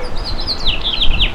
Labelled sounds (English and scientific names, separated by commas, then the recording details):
House Finch (Haemorhous mexicanus) song
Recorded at Merrick on Long Island, New York, on 17 May 2013
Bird B